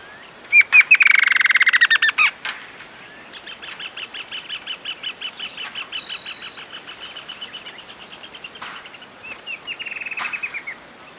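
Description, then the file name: Bird giving rapid trilled rattles, a loud burst first, then softer repeated chattering trills with pauses, over a steady background hiss. "SABIOD"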